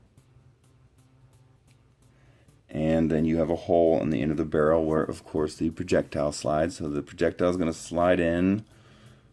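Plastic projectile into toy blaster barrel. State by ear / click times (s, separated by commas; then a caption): not seated / none. A plastic projectile is being handled at the hole in the end of a toy blaster barrel, where it slides in to snap into place and arm the trigger. After about 2.7 seconds of quiet with a few faint ticks, someone talks through to the end. Nothing has seated or clicked yet.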